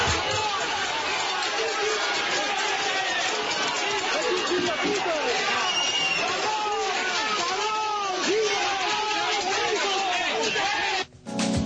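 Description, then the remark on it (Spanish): A large crowd boos and jeers the politicians Acebes and Piqué in a loud, sustained roar of overlapping voices that hardly lets up for about eleven seconds before cutting off abruptly. “Vamos a escuchar un momento de los abucheos a Acebes y a Piqué.”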